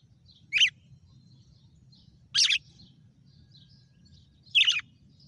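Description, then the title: Red-cowled cardinal song: three loud, buzzy, whistled phrases, each coming about two seconds after the last, with a quiet low rumble in the background. Female. "Canto Galo Campina Fêmea 06. GALO DE CAMPINA FENRIR - HJ FOI AÇOITE VIU??"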